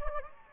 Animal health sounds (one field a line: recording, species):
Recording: mosquito wingbeat signal from an infrared sensor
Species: Anopheles gambiae